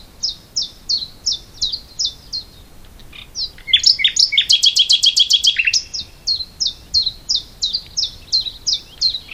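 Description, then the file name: Common nightingale song: evenly spaced high chipping notes about three a second, a fast loud rattling burst in the middle, then the repeated notes resume. "Luscinia megarhynchos"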